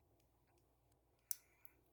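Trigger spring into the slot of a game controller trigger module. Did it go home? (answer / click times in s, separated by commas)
yes / 1.3 s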